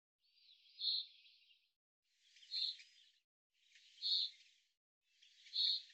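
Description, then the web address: Bird giving four rasping, buzzy calls, each lasting over a second, with short near-silent gaps between. "Deverinetal 2025 File cleaned normalized Bird Fr Co"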